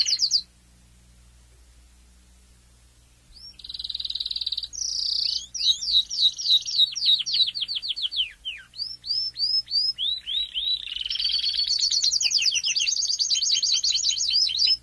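Domestic canary song: a brief opening note, a quiet pause of about three seconds, then varied fast trills, sweeping whistled notes and rolling high phrases.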